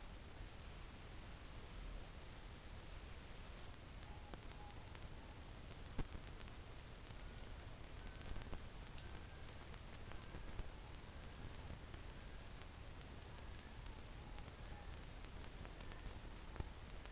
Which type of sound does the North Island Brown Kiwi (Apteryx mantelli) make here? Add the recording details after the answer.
male call. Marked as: faintness 4/5. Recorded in New Zealand on 24 November 2013. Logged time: 00:13. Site CF70